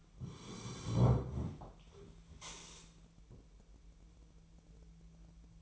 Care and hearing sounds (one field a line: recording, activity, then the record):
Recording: daily activity, microphone in the room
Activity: sit down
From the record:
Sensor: 1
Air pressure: 1001.7 hPa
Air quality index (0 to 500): 247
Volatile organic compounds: 119 ppm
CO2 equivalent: 3868 ppm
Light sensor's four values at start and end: 12/28/11/13 and 13/32/13/15